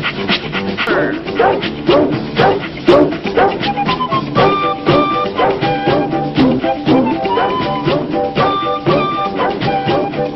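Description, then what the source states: Dog whimpers with high tonal whines and short yips, repeating roughly twice a second over a busy, steady background. Puppies.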